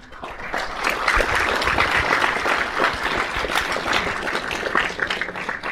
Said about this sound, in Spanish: Entonces, para quien pido un fuerte aplauso, ¿no?